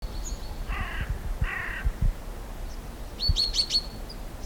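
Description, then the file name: Great tit churr calls: two harsh, buzzy rasps less than a second apart, then a quick run of thin, high notes, with low rumbling noise underneath. "Parus major"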